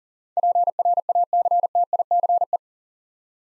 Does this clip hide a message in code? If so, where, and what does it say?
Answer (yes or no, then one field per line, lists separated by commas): yes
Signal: Morse code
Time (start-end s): 0.4-2.6 s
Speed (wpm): 39 wpm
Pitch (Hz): 700 Hz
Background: none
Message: PRACTICE